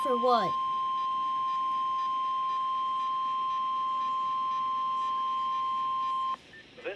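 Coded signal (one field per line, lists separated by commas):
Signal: Emergency Alert System (SAME) tones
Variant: 1050 Hz attention tone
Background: speech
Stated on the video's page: Failed NOAA Weather Radio weekly test, received on Reecom R-1630 and Midland WR400 weather radios.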